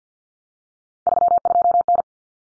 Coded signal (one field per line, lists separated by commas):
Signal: Morse code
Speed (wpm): 50 wpm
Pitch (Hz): 700 Hz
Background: none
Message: 32N